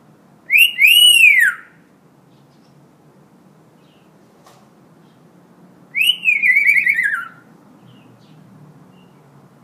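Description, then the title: Hill myna giving two loud, ringing whistled calls, each arching up then sliding down, about five seconds apart, with quiet low background hum between. Lively, actively singing hill myna (beo gacor) recording intended as a master track for tutoring other birds to sing. "Suara Burung Beo Gacor Cocok Untuk Masteran"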